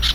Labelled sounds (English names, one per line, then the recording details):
Brown-throated Parakeet contact call
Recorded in Venezuela
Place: Tumeremo, Edo. Bolívar
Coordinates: 7.209, -61.364